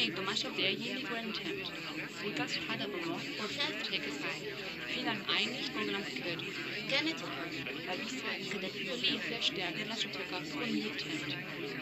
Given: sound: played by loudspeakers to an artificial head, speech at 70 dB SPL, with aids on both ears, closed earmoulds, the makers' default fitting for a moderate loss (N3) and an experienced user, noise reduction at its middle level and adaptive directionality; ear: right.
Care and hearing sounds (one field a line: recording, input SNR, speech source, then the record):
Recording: speech test signal (ISTS) in cocktail-party noise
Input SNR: -3 dB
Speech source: in front (0 degrees)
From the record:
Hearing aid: class 1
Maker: D